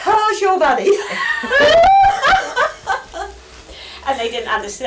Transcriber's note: general laughter